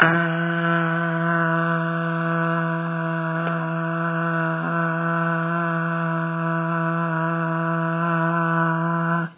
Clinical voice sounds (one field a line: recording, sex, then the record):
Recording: sustained vowel /a/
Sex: female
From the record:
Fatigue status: no fatigue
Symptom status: symptomatic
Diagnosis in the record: COVID-19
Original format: 3gp